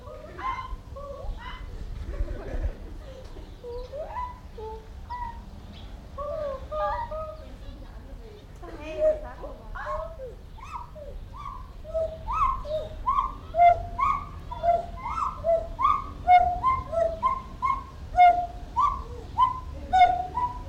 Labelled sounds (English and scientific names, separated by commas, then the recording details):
Pileated Gibbon (Hylobates pileatus) call
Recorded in captivity
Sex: diverse
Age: adult
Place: Zoo Berlin, Berlin, DE
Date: 1994-06-25 10:36
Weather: sonnig, 18-25°C, Wind
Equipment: Marantz CP 430, Sennheiser ME 80, Kopie Uher Variocord 263
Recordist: Tembrock, Günter